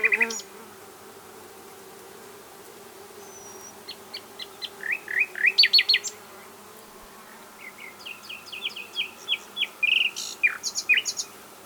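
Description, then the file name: Common nightingale delivering varied phrases: a thin whistle, clusters of sharp, slurred notes, a loud rapid series, then more scattered chips and rolling notes. "Luscinia megarhynchos"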